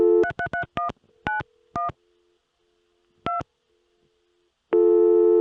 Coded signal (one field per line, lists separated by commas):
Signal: DTMF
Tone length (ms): 130 ms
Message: 333191 2